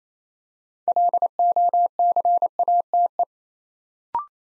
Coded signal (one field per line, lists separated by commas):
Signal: Morse code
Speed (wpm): 28 wpm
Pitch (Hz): 700 Hz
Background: none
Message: LOCATE